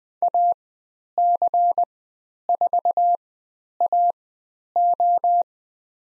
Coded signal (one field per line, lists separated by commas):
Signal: Morse code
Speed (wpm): 20 wpm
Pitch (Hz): 700 Hz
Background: none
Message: AC4AO